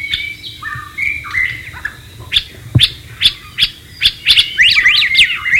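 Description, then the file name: White-rumped shama song: varied whistled phrases, then a run of loud sharp notes repeated quickly through the second half, with a steady low hum beneath. Wild bird. "suara burung murai batu di alam liar"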